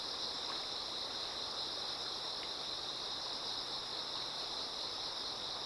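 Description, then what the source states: Insects in chorus give a sustained, high, shimmering trill over the loud, even rush of a stream. Insects singing in chorus beside a slowly flowing river.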